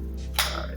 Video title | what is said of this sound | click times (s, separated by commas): 📦 Tech Haul Unboxing & Gameplay Test - HIPPUS Projector, Gurmoir Sport Camera & XTU S6 Action Cam!🎮🎥 | there you go. So, it's locked into place. | 0.4 s